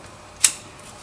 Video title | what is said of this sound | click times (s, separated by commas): Replace Spark Plugs 2005-2014 Toyota Tacoma 4.0 Liter | locked in and | 0.5 s